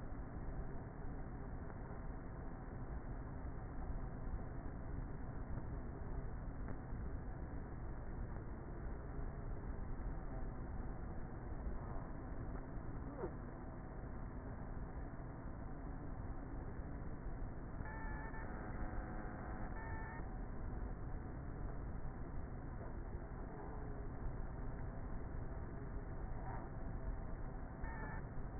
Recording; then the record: honeybee colony, microphone inside the hive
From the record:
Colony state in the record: queenless with a low population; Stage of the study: before two queens were removed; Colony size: about 30,000 bees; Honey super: no